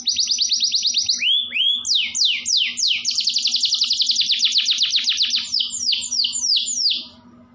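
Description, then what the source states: Canary singing a high rolling trill, then a series of repeated downward-swept notes at several per second, ending abruptly near seven seconds; faint hum below. Canary performing an elaborate song style called cengkok.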